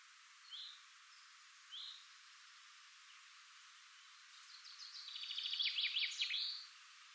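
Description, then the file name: Eurasian blackcap song: two short separate notes, a quiet pause, then a swelling, rapid, chattering warble of quick notes lasting about two seconds. "Sylvia atricapilla"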